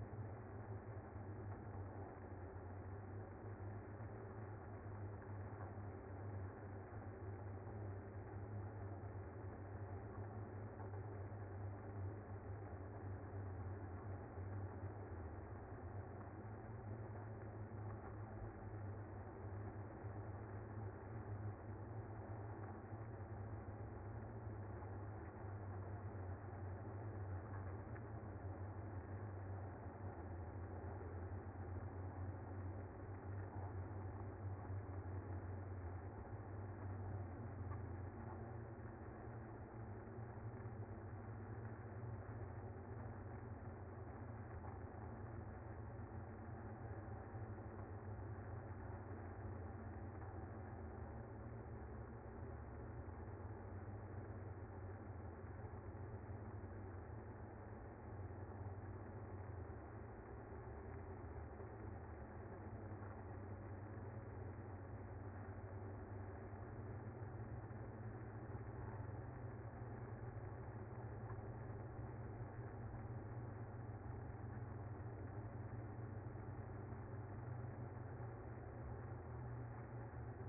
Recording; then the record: honeybee colony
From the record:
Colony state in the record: active